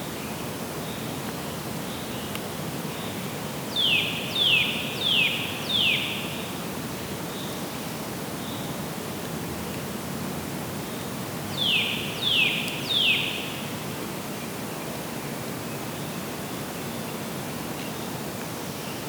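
Woodpeckers call in the distance: two bursts of four sharp, high, down-slurred notes, one around four to six seconds and another near twelve to thirteen seconds. A steady low rumble and soft hiss fill the background throughout.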